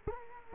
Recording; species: mosquito wingbeat signal from an infrared sensor; Culex quinquefasciatus